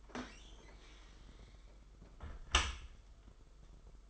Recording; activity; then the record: daily activity, microphone in the room; close dishwasher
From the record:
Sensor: 5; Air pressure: 991.5 hPa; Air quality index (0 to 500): 117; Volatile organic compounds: 38 ppm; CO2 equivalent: 3117 ppm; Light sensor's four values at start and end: 40/126/48/51 and 39/125/47/51